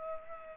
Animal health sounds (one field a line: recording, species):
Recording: mosquito wingbeat signal from an infrared sensor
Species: Culex pipiens